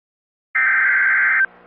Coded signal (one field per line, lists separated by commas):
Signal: Emergency Alert System (SAME) tones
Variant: header bursts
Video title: (EAS #9) Tornado Warning From NWS Chicago